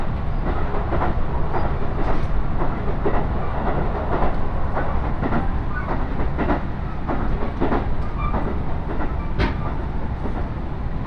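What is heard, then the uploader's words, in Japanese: A train ride on the Iida Line, with a steady, dense low rumble running the whole time. Sharp clicks and knocks from the wheels cut through at irregular intervals, with a brighter, louder clack around nine seconds. 鉄道旅 飯田線 辰野→伊那市。やってきたのは313系の2両編成。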